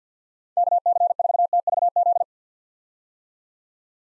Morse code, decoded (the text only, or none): KC4TVZ